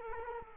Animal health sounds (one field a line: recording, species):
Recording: mosquito wingbeat signal from an infrared sensor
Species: Culex quinquefasciatus